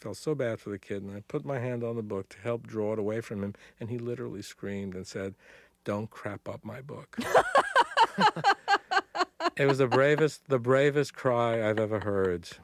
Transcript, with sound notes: I just felt so bad for the kid. And I put my hand on the book to help draw it away from him. And he literally screamed and said, "Don't crap up my book!"
(laughs)
It was the bravest cry I've ever heard.